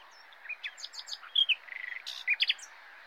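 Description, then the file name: Common nightingale song phrase of varied chirps, short whistles and a brief rapid buzzy run. "Luscinia megarhynchos"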